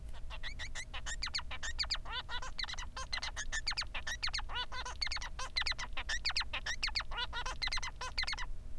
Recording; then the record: song of a male Bengalese finch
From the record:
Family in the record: son of father 3